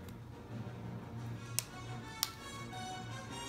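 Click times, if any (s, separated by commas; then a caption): 1.6 s, 2.2 s. The two halves of a hard plastic protective case shell are pressed together around a Samsung Galaxy S8+ smartphone over a steady background of music. Two sharp, bright clicks ring out at 1.6 s and 2.2 s as the sides snap together, and the case halves are seated.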